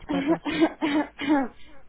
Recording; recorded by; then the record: voluntary cough; telephone call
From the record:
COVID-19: negative